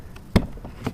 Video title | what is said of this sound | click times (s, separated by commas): Vibe Shearwater 125 overview & review | as you can see that worked you have a nice audible click and | 0.4 s